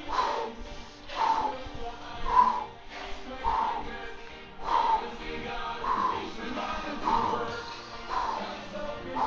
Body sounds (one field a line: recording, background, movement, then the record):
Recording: deep breathing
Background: music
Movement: walking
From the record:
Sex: male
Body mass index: 22.0 kg/m2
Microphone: on the chest, facing outward